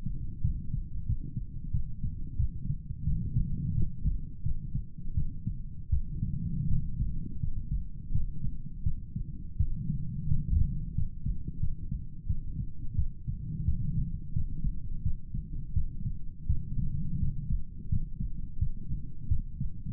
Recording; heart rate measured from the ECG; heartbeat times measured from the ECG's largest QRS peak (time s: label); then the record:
heart sounds by stethoscope; 86 bpm
0.42 s: heartbeat
1.06 s: heartbeat
1.72 s: heartbeat
2.37 s: heartbeat
3.04 s: heartbeat
3.75 s: heartbeat
4.43 s: heartbeat
5.14 s: heartbeat
5.90 s: heartbeat
6.68 s: heartbeat
7.40 s: heartbeat
8.12 s: heartbeat
8.83 s: heartbeat
9.57 s: heartbeat
10.28 s: heartbeat
10.95 s: heartbeat
11.60 s: heartbeat
12.27 s: heartbeat
12.96 s: heartbeat
13.65 s: heartbeat
14.33 s: heartbeat
15.03 s: heartbeat
15.74 s: heartbeat
16.47 s: heartbeat
17.20 s: heartbeat
17.89 s: heartbeat
18.59 s: heartbeat
19.28 s: heartbeat
From the record:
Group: healthy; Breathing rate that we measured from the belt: 18 breaths a minute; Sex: male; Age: 35 years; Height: 178 cm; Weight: 64 kg